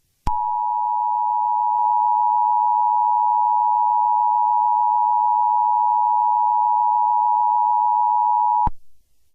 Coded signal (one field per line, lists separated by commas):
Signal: Emergency Alert System (SAME) tones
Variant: 853 and 960 Hz attention tone